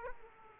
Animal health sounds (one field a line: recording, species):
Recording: mosquito wingbeat signal from an infrared sensor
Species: Aedes aegypti